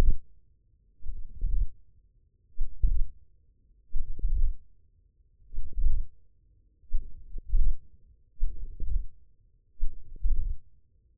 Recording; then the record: forearm muscle sounds (acoustic myography)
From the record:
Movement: hand opening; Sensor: system 1, eight BSWA MPA416 microphones around the upper forearm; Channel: 7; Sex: male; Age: 20 years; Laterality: left